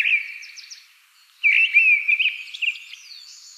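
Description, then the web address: Mistle thrush song fragment: a whistled, warbling phrase with a brief gap, followed by scratchy twittering notes. Observation in 2013. "Aktuelle Beobachtungen 2013 Misteldrossel"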